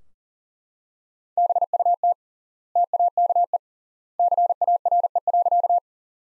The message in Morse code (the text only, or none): BUT TAKE CARE.